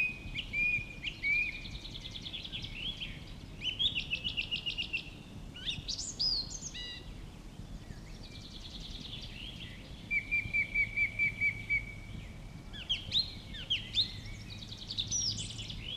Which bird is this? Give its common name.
Song Thrush